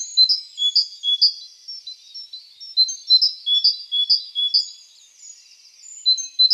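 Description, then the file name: Great tit song: high two-note phrases repeated in quick series, broken by quiet gaps. "Parus major"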